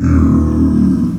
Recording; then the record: squeal of a Yucatan mini pig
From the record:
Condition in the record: after surgery on the right vocal fold (resection and tissue-engineered implant); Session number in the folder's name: 11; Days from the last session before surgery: 98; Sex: female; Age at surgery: 19 weeks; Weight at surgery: 25 kg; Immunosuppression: prednisolone